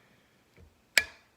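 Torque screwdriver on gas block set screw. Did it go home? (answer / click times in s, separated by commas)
yes / 1.0 s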